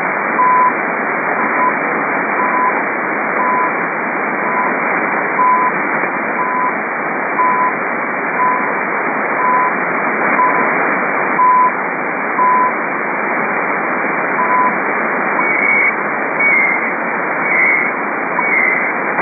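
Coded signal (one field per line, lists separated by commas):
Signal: radio time signal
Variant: CHU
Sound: short 1 kHz ticks once a second through heavy static, then brief warbling data bursts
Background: radio static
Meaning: Each 1 kHz tick marks one second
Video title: CHU Otawwa. Time Signal Station. Canada 7850 Khz USB. Copiada en Marcos Paz Buenos Aires.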